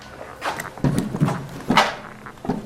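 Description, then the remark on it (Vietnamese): Someone tugs at a locked door at Brushy Mountain Penitentiary that won't give, producing a few loud rattling clunks and metallic jolts in quick, uneven bursts. “Miết cửa có mở được hay không nữa.”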